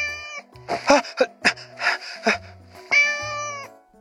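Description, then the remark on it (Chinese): A small black cat gives a short, fairly high meow, then a series of soft bumps and scuffing noises as it jumps up and down on a cat tree and leaps onto a shelf, followed by a longer, steady meow. No one speaks. “视频挨个点开，看见小黑猫在猫爬架上跳上跳下，再一跃飞上置物架，轻轻巧巧绕过架子上的东西，走的猫步优雅又高贵。”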